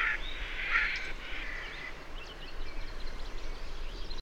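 Bird calls: a loud, harsh, quacking burst in the first two seconds, followed by faint, thin, high chirps over steady low background rumble.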